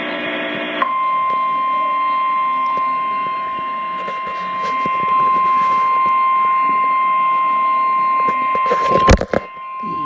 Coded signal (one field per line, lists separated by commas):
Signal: Emergency Alert System (SAME) tones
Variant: 1050 Hz attention tone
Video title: Severe Thunderstorm Warning EAS #105